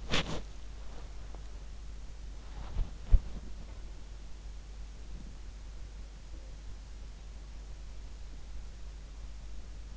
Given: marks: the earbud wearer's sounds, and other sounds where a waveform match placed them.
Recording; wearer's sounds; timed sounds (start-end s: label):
sounds in sleep by an in-ear microphone; body movement
0.00-6.81 s: body movement